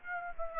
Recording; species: mosquito wingbeat signal from an infrared sensor; Aedes aegypti